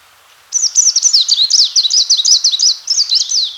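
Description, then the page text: Greenish warbler song: a fast, high, jumbled run of thin slurred notes, rising and falling rapidly for about three seconds, clear and loud against a quiet background. "Greenish Warbler Song 2. Quick Sounds"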